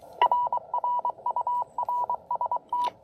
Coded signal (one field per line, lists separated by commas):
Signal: Morse code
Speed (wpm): 23 wpm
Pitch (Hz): 980 Hz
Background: none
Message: RR UR ST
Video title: New Antenna, New Key, and New Friend: Testing the CHA LEFS 4010 at William B Umstead State Park!